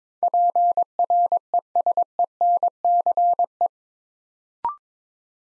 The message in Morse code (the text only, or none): PRESENCE